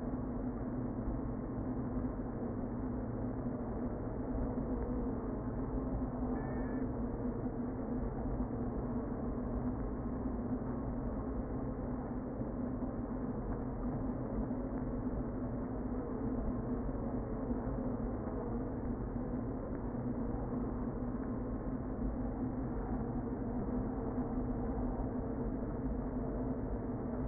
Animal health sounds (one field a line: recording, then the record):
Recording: honeybee colony, microphone inside the hive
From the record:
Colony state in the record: queen present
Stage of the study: before two queens were removed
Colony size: about 60,000 bees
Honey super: yes